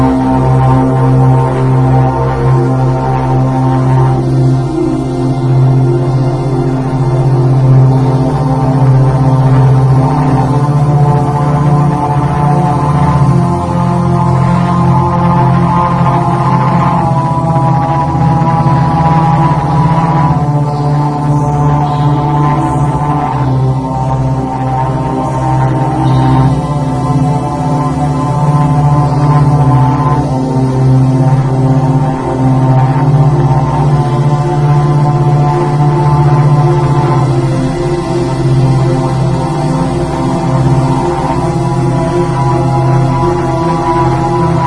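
A binaural recording of a dense, steady low hum with layered tones that shift slightly every few seconds, constant in loudness throughout.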